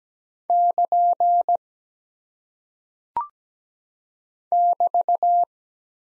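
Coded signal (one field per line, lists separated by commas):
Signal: Morse code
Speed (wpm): 17 wpm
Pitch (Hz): 700 Hz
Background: none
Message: <KN> <BT>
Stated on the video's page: Morse practice drill at 17 wpm of single punctuation and prosign characters, each sent twice.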